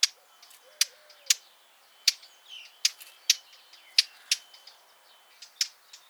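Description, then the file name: Eurasian blackcap sharp clicking tack notes at uneven intervals, loud single ticks mixed with softer ones, and a faint steady high tone beneath. "Sylvia atricapilla"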